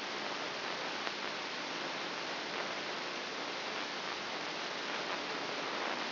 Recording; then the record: brain microelectrode recording played as sound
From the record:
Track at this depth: inside the subthalamic nucleus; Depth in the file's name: 6.505 mm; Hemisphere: left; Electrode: 3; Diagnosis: Parkinson's disease